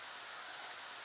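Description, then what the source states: Orange-crowned warbler call: one very high, thin, sharp note, over in a split second against a steady hiss. Recorded in Texas.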